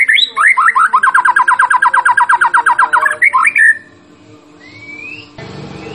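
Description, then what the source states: White-rumped shama song: a fast series of many repeated buzzy chirps, ending in a slurred note, then a single faint rising whistle. Champion bird; masteran (training) recording.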